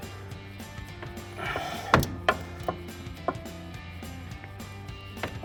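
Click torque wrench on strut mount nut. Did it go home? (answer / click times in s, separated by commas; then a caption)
yes / 1.9 s. A click-type torque wrench tightens a strut mount nut to 75 ft-lb on a 2007-2018 Silverado being fitted with Freedom Offroad 3-inch front quick lift struts. Under background music, the wrench clicks sharply at about 1.9 s, followed by a few lighter knocks. The nut reaches its torque setting.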